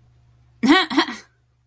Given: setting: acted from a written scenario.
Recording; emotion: vocal sound without words; amusement